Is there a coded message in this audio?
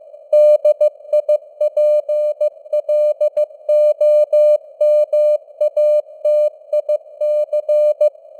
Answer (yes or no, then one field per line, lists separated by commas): yes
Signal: Morse code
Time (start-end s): 0.3-8.1 s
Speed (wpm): 15 wpm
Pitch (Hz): 600 Hz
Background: none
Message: DIPLOMATIC